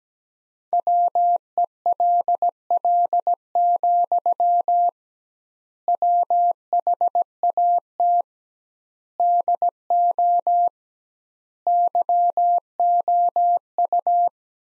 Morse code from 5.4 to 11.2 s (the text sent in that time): WHAT DO